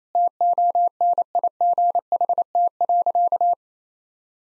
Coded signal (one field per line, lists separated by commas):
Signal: Morse code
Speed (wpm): 28 wpm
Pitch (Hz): 700 Hz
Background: none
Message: TONIGHT.